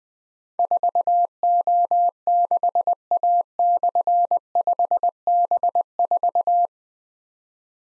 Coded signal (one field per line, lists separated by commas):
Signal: Morse code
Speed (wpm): 20 wpm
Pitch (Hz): 700 Hz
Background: none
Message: 4O6A/5B4